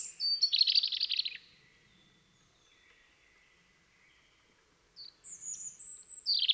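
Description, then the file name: European robin singing a dense trilled phrase, a quiet gap with faint background hiss, then high thin whistles returning near the end. "Erithacus rubecula"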